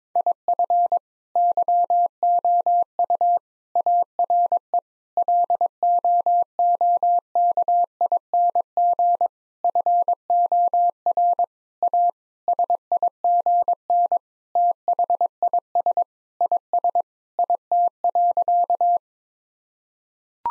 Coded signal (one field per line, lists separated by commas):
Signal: Morse code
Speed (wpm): 22 wpm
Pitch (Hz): 700 Hz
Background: none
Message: IF YOU ARE LOOKING FOR A SIGN THIS IS IT.